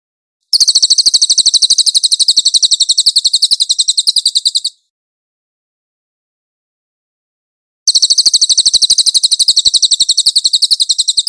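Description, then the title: Cililin song in two bursts of quick, high, rattling trill, separated by a pause of about three seconds. Cililin song, used for training cage birds. "SUARA BURUNG CILILIN"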